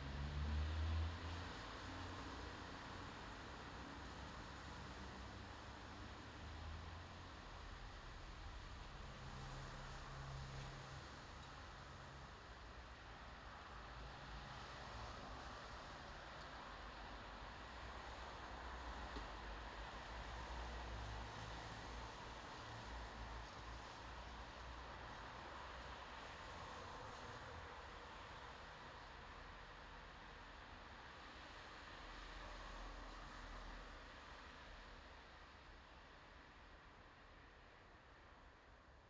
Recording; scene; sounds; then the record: everyday scene through a hearing-aid microphone; in traffic; traffic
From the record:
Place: bus stop on a city main road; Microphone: in the ear canal, left